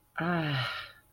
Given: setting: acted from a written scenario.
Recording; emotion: vocal sound without words; contentment